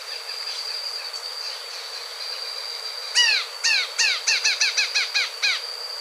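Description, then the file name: Grey-hooded flycatcher singing a series of downslurred notes, spaced at first and then quickening, against a constant high-pitched drone. "Canto do abre asa de cabeca cinza"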